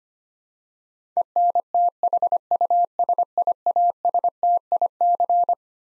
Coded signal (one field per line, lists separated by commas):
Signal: Morse code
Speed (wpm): 25 wpm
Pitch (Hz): 700 Hz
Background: none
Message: ENTHUSIASTIC